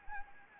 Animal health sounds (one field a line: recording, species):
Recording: mosquito wingbeat signal from an infrared sensor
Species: Anopheles arabiensis